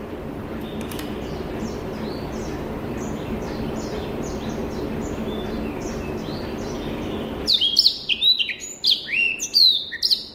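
Rüppell's warbler song: faint sweeping notes under steady hiss for several seconds, then a sudden burst of loud, fast, varied whistled and clicking phrases near the end.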